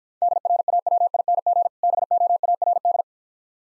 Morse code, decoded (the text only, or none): DRAWING BOARD